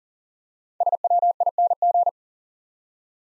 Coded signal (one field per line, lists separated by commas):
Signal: Morse code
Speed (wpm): 44 wpm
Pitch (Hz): 700 Hz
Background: none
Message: SWING